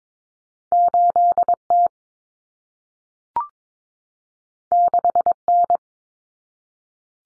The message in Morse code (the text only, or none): 8T 6N